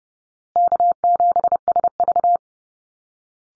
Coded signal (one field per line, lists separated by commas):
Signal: Morse code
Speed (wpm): 30 wpm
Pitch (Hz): 700 Hz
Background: none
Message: K7SV